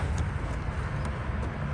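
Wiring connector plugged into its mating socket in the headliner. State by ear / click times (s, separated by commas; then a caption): not seated / none. A car headliner's wiring plug, likely for the dome light, is being pushed back into its mating connector in the headliner, heard over a steady low rumble with faint high ticks. Nothing has seated or clicked yet; the clip ends just before the connector goes home.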